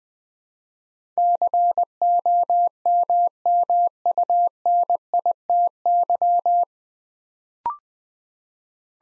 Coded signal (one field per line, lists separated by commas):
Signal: Morse code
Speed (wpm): 20 wpm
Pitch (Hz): 700 Hz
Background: none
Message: COMMUNITY